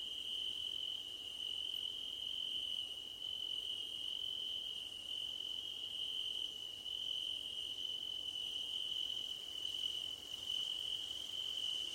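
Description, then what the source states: A dense cricket chorus: a constant high trill with faint, intermittent higher chirps that grow more frequent toward the end. Crickets at night under a starlit sky.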